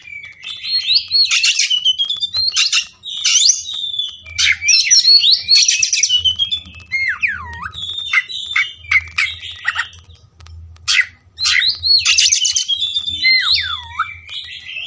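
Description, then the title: Oriental magpie-robin pouring out a long energetic song of scratchy bursts, sweeping whistles and deep looping slurs, with only short breaks. Kacer fighting song, styled ngotot full tembakan, meant to make a kacer fight. "Kacer Langsung Tarung Konslet KACER NGOTOT FULL TEMBAKAN"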